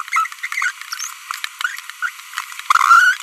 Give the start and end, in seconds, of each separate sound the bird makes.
0.08-0.26, 0.44-0.46, 0.52-0.70, 2.03-2.09, 2.70-3.20